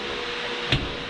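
A roller-cabinet tool box drawer is pushed shut so its latch engages, after earlier not latching and needing a push. A single sharp hit rings out at 0.7 s over a steady background hum as the drawer closes and the latch catches. The drawer is seated and latched.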